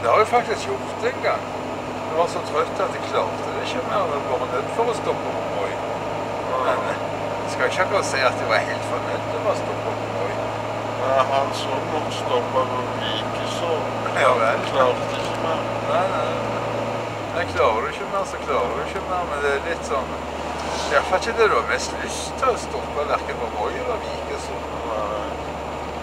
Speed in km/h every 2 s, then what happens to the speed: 50, 51, 52, 53, 54, 55, 55, 56, 55, 53, 53, 53, 52.
0-26 steady at about 53.